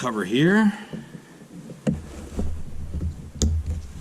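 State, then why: Seated. Someone talks, then the small plastic screw cover on the door pull of a 2010 Subaru Outback is pressed back into place after the retaining screws go back in. It gives one sharp snap at 3.4 s as the cover seats.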